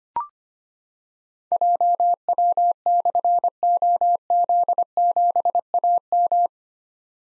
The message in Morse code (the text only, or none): JW/OZ7AM